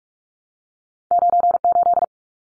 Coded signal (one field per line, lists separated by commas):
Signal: Morse code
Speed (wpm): 44 wpm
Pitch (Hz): 700 Hz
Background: none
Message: 98